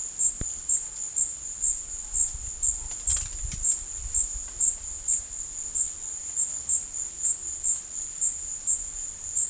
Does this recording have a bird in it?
no